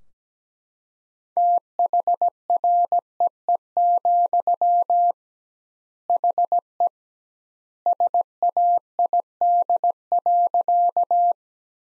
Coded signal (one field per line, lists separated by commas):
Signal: Morse code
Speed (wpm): 17 wpm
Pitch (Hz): 700 Hz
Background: none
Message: THREE, HE SAID.